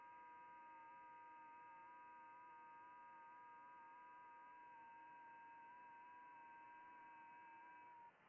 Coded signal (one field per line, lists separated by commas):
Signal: FT8